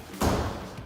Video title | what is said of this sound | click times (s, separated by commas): At-Home Workout (Resistance Band) Day 1 [Advanced] | You heard the click there. | 0.2 s